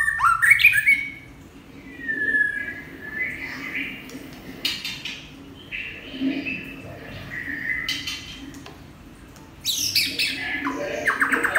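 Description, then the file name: White-rumped shama song: a loud sweeping whistle opening, then fainter scattered whistles and buzzy notes over background hiss, ending in a burst of harsh high notes. Champion bird from a singing contest. "suara murai batu juara lomba"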